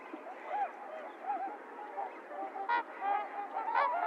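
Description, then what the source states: Trumpeter swans calling, a flock giving nasal, horn-like honks that overlap in an irregular chorus, with a few louder bugled notes standing out near the end. Several trumpeter swans recorded 28 January 2022; low frequencies filtered out (low-cut).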